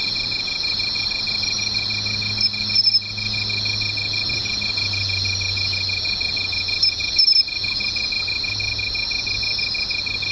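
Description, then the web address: Steady insect chorus with a high rasping drone and a lower ringing tone; two brief louder chirping bursts interrupt, and a faint low hum runs underneath. "cats nishikawa 201110 mushinokoi"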